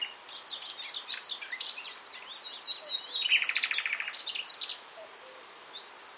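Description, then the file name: Common nightingale song, fairly soft: a jumble of varied chirps and whistles with a brief rattling trill in the middle, over steady background hiss. "Luscinia megarhynchos"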